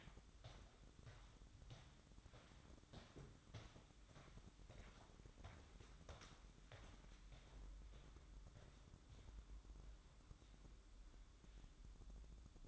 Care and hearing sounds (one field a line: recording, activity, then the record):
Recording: daily activity, microphone in the room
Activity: walk to room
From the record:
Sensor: 3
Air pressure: 1008.2 hPa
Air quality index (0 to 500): 133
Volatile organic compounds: 2 ppm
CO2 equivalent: 1098 ppm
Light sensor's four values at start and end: 10/23/9/9 and 10/24/10/10